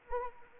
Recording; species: mosquito wingbeat signal from an infrared sensor; Anopheles arabiensis